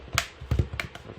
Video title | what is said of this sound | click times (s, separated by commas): Galaxy Note 10.1 2014 Edition How to replace the motherboard, 메인보드 교체 방법 | 맞추신 다음에 꼭 불러줘야 꿈 딱 소리가 나요 그러면 전체적으로 돌아가면서 | 0.2 s, 0.8 s